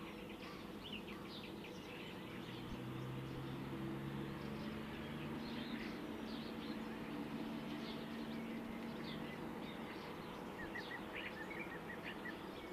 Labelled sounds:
Eurasian Magpie song

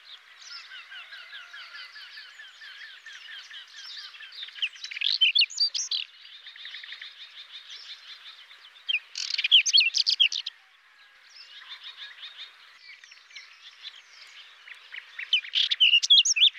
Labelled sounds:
Whinchat song

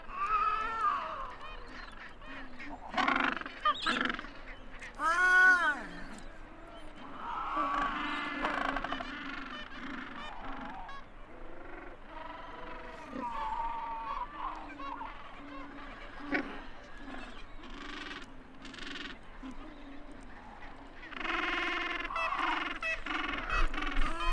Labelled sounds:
Gentoo Penguin call

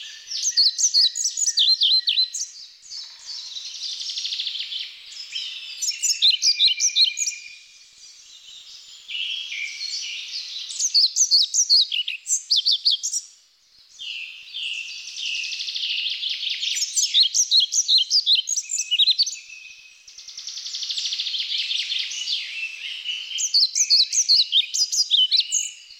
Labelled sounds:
European Pied Flycatcher song

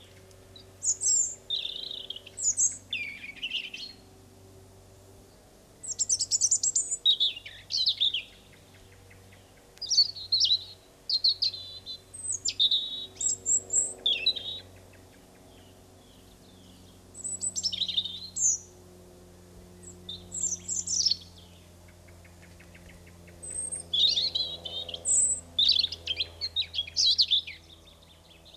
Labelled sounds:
European Robin song

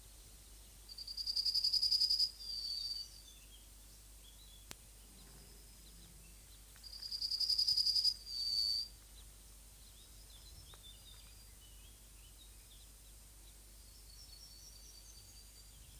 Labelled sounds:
Yellowhammer song

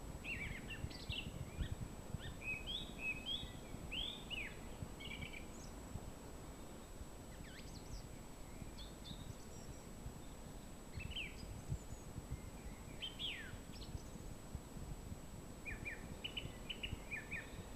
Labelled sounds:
Song Thrush song

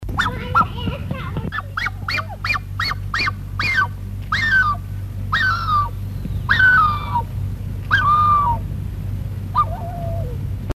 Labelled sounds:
Black-necked Swan call

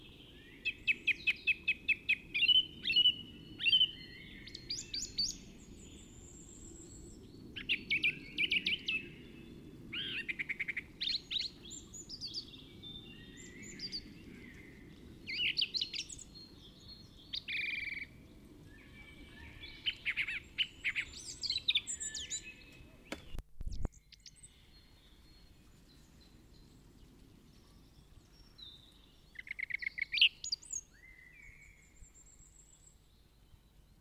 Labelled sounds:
Song Thrush song

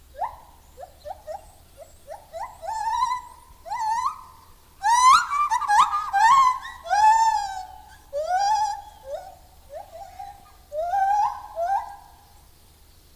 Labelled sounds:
Lar Gibbon call

